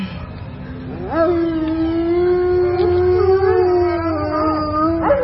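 Dogs howl in a long, sustained, mournful wail that holds a steady pitch for several seconds, with a brief rising yelp at the end over faint background noise.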